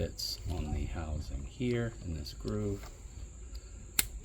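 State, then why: Seated. A part of the bystarter valve on a Honda 30 hp outboard motor carburetor is pressed into a groove on its housing while someone talks. It pops in with a single sharp snap at 4.0 s, seating firmly so it stays put and doesn't fall out.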